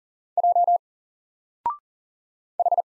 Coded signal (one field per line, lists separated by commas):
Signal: Morse code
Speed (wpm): 40 wpm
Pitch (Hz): 700 Hz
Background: none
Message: J H